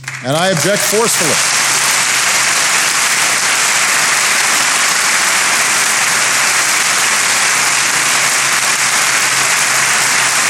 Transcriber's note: applause